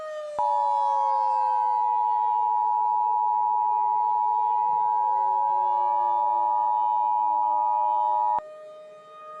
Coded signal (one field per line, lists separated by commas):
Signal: Emergency Alert System (SAME) tones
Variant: 853 and 960 Hz attention tone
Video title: EAS Scenario - Storm Dragon